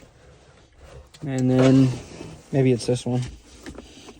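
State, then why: Not seated. Someone talks while trying a different seat belt tongue in the buckle of a 240SX, and only faint, brief contact taps are heard near the end. The buckle fails to latch, and nothing has clicked or seated yet.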